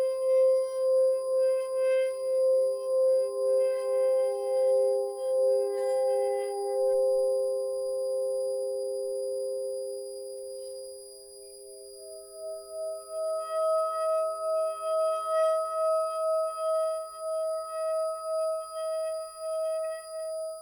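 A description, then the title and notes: Sound bath tones from a singing bowl ring steadily, with a slow pulsing wobble in the low hum. Around ten seconds the pitch shifts as a second, slightly higher bowl takes over, its bright overtones shimmering and beating through to the end. Wabi Sabi sound bath.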